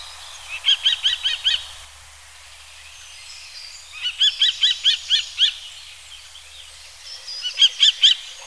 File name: Faucon crecerelle